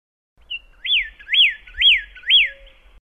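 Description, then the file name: Pyrrhuloxia song of four quick, matching whistled slurs, each rising then dropping, repeated about twice per second after a short introductory note. "suara kicauan burung pyrrhuloxia. omkicau"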